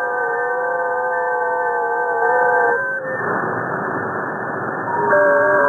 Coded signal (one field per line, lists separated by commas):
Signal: FT8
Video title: SDR GNU Radio GitHub Repositories